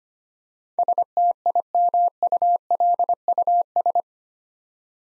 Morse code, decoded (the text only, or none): STIMULUS